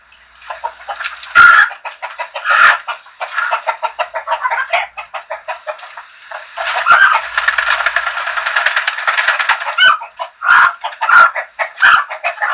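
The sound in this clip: Chicken flock clucking, rapid repeated short notes with occasional louder squawking bursts at irregular intervals over continuous background chatter.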